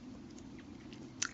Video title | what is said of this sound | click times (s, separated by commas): Fansproject Causality CA-11 Down Force | so you just want to push it until it snaps onto there and that should lock the whole leg in place | 1.2 s